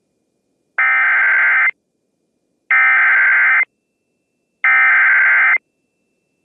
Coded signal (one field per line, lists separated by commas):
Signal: Emergency Alert System (SAME) tones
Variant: header bursts